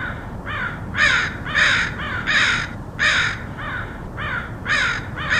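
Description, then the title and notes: Crows trading harsh caws in a fast, uneven series, loud and softer calls overlapping, with a constant low rumble beneath. Crows recorded in Portland, Oregon, in August 2003. "Crows of Portland. Crows recorded by Dan Bodah in Portland, OR, August 2003"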